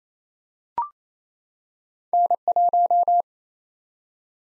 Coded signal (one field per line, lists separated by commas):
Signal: Morse code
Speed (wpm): 29 wpm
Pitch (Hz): 700 Hz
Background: none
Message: N1